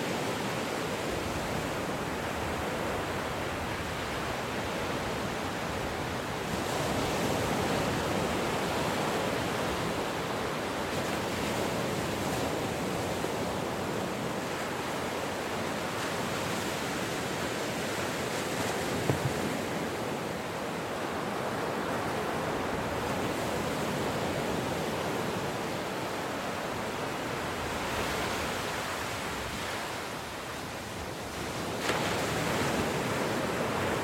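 Ocean waves make a dense, steady roar of surf, swelling slightly every few seconds, with brief lulls near the middle and end.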